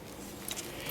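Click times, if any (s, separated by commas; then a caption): none. A small clip-in fitting is handled as it is pushed toward place on a dirt bike carburetor being reinstalled. Over a steady low background, faint metallic jingling and rustling come through, with brief high-pitched bursts around 0.5 s and again near 0.9 s. Nothing has clicked or seated yet.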